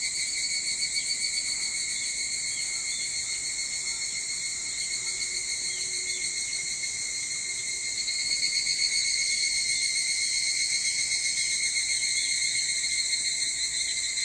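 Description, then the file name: Evening cicada song, a steady high ringing drone that grows slightly louder after about eight seconds and carries on unbroken. Recorded 22 July 2023 at 04:40. "higurashi 230722 0440"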